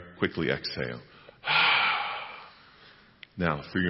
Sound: exhales